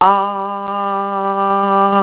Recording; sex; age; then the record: sustained vowel /a/ by telephone; female; 50 to 59 years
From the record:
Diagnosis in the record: healthy control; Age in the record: 57 years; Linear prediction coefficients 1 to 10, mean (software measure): 1.79, -1.35, 0.30, -0.34, 0.74, -0.39, -0.27, 0.38, -0.19, 0.05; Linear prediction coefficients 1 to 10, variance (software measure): 0.049, 0.141, 0.108, 0.065, 0.090, 0.076, 0.028, 0.027, 0.014, 0.003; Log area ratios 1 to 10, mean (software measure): -1.95, 2.67, -0.87, -0.11, 0.00, 0.87, -0.25, -0.27, 0.19, -0.10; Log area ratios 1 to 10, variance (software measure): 0.013, 0.067, 0.189, 0.037, 0.086, 0.075, 0.091, 0.027, 0.023, 0.010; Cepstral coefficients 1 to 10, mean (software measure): 1.79, 0.28, -0.20, -0.65, -0.14, 0.17, -0.02, 0.13, -0.02, -0.12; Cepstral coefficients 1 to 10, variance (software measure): 0.049, 0.010, 0.008, 0.014, 0.004, 0.004, 0.003, 0.002, 0.002, 0.002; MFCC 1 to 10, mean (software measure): -4.23, 1.65, -1.11, -0.89, 0.68, 0.36, -0.65, 0.08, 0.08, -0.31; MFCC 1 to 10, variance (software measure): 0.810, 0.031, 0.040, 0.071, 0.015, 0.078, 0.024, 0.071, 0.041, 0.051